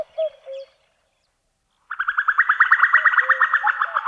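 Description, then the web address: Common cuckoo calls: two short low notes, a pause, then a rapid, steady trill of bright repeated notes, with lower whistled notes mixed in. "fugle stemmer"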